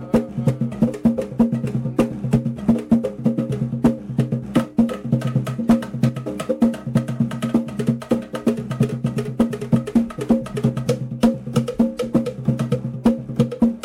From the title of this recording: Garifuna Drumming in Placencia, Belize